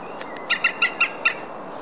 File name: zold kullo hangja